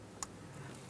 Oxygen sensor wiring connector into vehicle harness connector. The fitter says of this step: An audible click from that, a light tug.